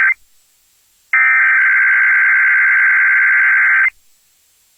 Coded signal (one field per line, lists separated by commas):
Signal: Emergency Alert System (SAME) tones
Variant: header bursts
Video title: Sacramento EAS Alert: Required Monthly Test (09/04/2023)